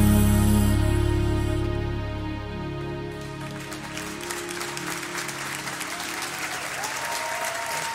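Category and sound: crowd, audience applause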